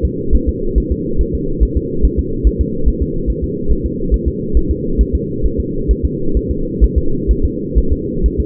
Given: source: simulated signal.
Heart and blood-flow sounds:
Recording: fetal heart sounds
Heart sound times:
0.05 s: S2
0.35 s: S1
0.49 s: S2
0.78 s: S1
0.92 s: S2
1.21 s: S1
1.35 s: S2
1.63 s: S1
1.77 s: S2
2.05 s: S1
2.19 s: S2
2.47 s: S1
2.61 s: S2
2.88 s: S1
3.02 s: S2
3.30 s: S1
3.44 s: S2
3.72 s: S1
3.86 s: S2
4.14 s: S1
4.28 s: S2
4.57 s: S1
4.71 s: S2
5.01 s: S1
5.15 s: S2
5.46 s: S1
5.60 s: S2
5.91 s: S1
6.05 s: S2
6.37 s: S1
6.51 s: S2
6.84 s: S1
6.98 s: S2
7.31 s: S1
7.45 s: S2
7.78 s: S1
7.92 s: S2
8.26 s: S1
8.40 s: S2
From the record:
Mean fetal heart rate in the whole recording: 135 bpm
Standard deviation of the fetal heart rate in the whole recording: 3 bpm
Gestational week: 34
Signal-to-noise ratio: -8.1 dB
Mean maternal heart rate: 72 bpm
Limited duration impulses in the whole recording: absent

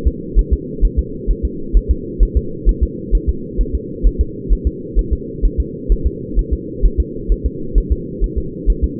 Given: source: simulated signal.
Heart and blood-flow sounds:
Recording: fetal heart sounds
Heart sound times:
0.07 s: S2
0.39 s: S1
0.53 s: S2
0.85 s: S1
0.99 s: S2
1.31 s: S1
1.45 s: S2
1.77 s: S1
1.91 s: S2
2.23 s: S1
2.37 s: S2
2.69 s: S1
2.83 s: S2
3.15 s: S1
3.29 s: S2
3.61 s: S1
3.75 s: S2
4.06 s: S1
4.21 s: S2
4.52 s: S1
4.67 s: S2
4.99 s: S1
5.13 s: S2
5.45 s: S1
5.60 s: S2
5.92 s: S1
6.07 s: S2
6.39 s: S1
6.53 s: S2
6.85 s: S1
7.00 s: S2
7.32 s: S1
7.46 s: S2
7.78 s: S1
7.92 s: S2
8.24 s: S1
8.38 s: S2
8.70 s: S1
8.84 s: S2
From the record:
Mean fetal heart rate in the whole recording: 130 bpm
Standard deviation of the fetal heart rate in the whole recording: 2 bpm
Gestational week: 36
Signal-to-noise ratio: -4.3 dB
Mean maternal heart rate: 72 bpm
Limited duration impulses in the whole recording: absent

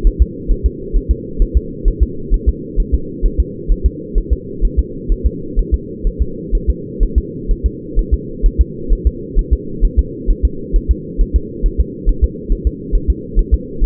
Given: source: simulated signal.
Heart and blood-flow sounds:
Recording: fetal heart sounds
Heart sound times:
0.07 s: S1
0.22 s: S2
0.51 s: S1
0.66 s: S2
0.96 s: S1
1.11 s: S2
1.42 s: S1
1.57 s: S2
1.88 s: S1
2.03 s: S2
2.34 s: S1
2.49 s: S2
2.80 s: S1
2.94 s: S2
3.26 s: S1
3.40 s: S2
3.72 s: S1
3.86 s: S2
4.18 s: S1
4.33 s: S2
4.65 s: S1
4.79 s: S2
5.12 s: S1
5.26 s: S2
5.59 s: S1
5.74 s: S2
6.07 s: S1
6.22 s: S2
6.55 s: S1
6.70 s: S2
7.03 s: S1
7.18 s: S2
7.51 s: S1
7.66 s: S2
7.99 s: S1
8.14 s: S2
8.46 s: S1
8.61 s: S2
8.93 s: S1
9.07 s: S2
9.39 s: S1
9.53 s: S2
9.85 s: S1
9.99 s: S2
10.30 s: S1
10.45 s: S2
10.76 s: S1
10.91 s: S2
11.21 s: S1
11.36 s: S2
11.66 s: S1
11.80 s: S2
12.09 s: S1
12.24 s: S2
12.52 s: S1
12.67 s: S2
12.95 s: S1
13.10 s: S2
13.39 s: S1
13.54 s: S2
13.84 s: S1
From the record:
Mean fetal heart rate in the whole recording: 130 bpm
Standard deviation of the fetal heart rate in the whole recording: 4 bpm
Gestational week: 38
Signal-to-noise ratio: -4.3 dB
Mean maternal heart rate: 72 bpm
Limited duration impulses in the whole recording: absent

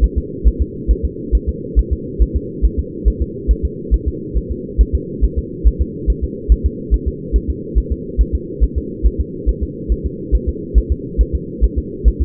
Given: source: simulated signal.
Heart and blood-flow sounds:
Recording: fetal heart sounds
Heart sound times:
0.04 s: S1
0.18 s: S2
0.47 s: S1
0.62 s: S2
0.91 s: S1
1.05 s: S2
1.35 s: S1
1.49 s: S2
1.79 s: S1
1.93 s: S2
2.22 s: S1
2.37 s: S2
2.65 s: S1
2.79 s: S2
3.08 s: S1
3.22 s: S2
3.51 s: S1
3.65 s: S2
3.94 s: S1
4.08 s: S2
4.37 s: S1
4.52 s: S2
4.81 s: S1
4.95 s: S2
5.24 s: S1
5.39 s: S2
5.67 s: S1
5.82 s: S2
6.10 s: S1
6.24 s: S2
6.52 s: S1
6.66 s: S2
6.94 s: S1
7.08 s: S2
7.36 s: S1
7.50 s: S2
7.78 s: S1
7.92 s: S2
8.21 s: S1
8.35 s: S2
8.64 s: S1
8.78 s: S2
9.06 s: S1
9.21 s: S2
9.49 s: S1
9.63 s: S2
9.92 s: S1
10.06 s: S2
10.35 s: S1
10.49 s: S2
10.78 s: S1
10.92 s: S2
11.21 s: S1
11.35 s: S2
11.64 s: S1
11.78 s: S2
12.08 s: S1
12.22 s: S2
From the record:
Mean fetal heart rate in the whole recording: 140 bpm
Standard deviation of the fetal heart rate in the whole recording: 2 bpm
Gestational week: 34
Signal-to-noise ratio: -4.1 dB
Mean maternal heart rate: no maternal heart sound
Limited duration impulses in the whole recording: absent

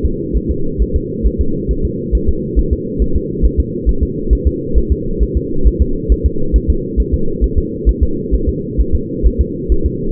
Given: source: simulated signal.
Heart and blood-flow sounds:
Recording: fetal heart sounds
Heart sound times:
0.05 s: S2
0.37 s: S1
0.51 s: S2
0.82 s: S1
0.96 s: S2
1.26 s: S1
1.41 s: S2
1.71 s: S1
1.85 s: S2
2.15 s: S1
2.29 s: S2
2.59 s: S1
2.73 s: S2
3.02 s: S1
3.16 s: S2
3.45 s: S1
3.60 s: S2
3.89 s: S1
4.03 s: S2
4.33 s: S1
4.47 s: S2
4.78 s: S1
4.92 s: S2
5.23 s: S1
5.37 s: S2
5.67 s: S1
5.82 s: S2
6.12 s: S1
6.26 s: S2
6.56 s: S1
6.70 s: S2
7.00 s: S1
7.14 s: S2
7.44 s: S1
7.58 s: S2
7.89 s: S1
8.03 s: S2
8.34 s: S1
8.49 s: S2
8.80 s: S1
8.95 s: S2
9.26 s: S1
9.41 s: S2
9.72 s: S1
9.86 s: S2
From the record:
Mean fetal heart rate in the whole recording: 135 bpm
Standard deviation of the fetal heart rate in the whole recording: 3 bpm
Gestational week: 34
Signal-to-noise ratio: -8.1 dB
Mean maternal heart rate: 72 bpm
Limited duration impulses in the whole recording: absent

